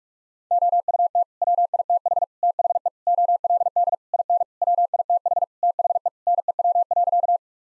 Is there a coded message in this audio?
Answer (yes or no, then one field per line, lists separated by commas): yes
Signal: Morse code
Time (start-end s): 0.5-7.4 s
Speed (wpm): 41 wpm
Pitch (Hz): 700 Hz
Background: none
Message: OUT WITH THE OLD IN WITH THE NEW.